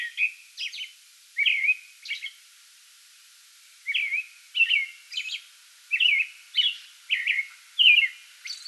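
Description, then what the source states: American robin singing clear whistled caroling phrases mixed with high thin squeaks, delivered in groups with a short pause midway. Pre-dawn song bout recorded 8 May 2022.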